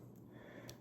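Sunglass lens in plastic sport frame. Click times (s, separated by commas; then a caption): 0.7 s. A replacement polarized lens is pressed into the etched groove of a plastic sport sunglass frame, with a low steady background hum. A short, sharp pop sounds at 0.7 seconds as the lens snaps into place, and the lens is seated.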